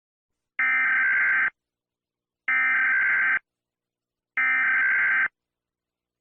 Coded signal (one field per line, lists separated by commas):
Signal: Emergency Alert System (SAME) tones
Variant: header bursts